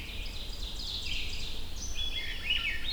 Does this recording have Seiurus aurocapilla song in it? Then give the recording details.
yes. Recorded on 22 June 2016 at 05:33. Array SBT-6-76